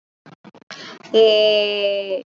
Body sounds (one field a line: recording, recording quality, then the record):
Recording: sustained vowel as in made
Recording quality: excellent, no background noise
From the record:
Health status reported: COVID-19 positive, mild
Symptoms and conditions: cold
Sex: female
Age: 23 years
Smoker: not ticked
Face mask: not worn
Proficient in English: no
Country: India